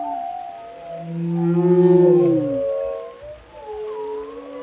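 Whale vocalization: a long, pulsed low moan that swells then falls away, with fainter wavering tonal whistles above and after.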